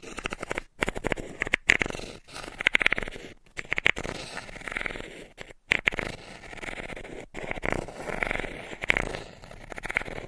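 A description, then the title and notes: Dry pasta is scratched, tapped and traced in a busy, uneven stream of rustling scrapes and small clicks. Sharp taps land about once a second, with brief silent gaps near 0.7, 3.5, 5.6 and 7.3 seconds. The sound is crisp and bright throughout. ASMR with Pasta Scratching - Tapping - Tracing Asmr No Talking.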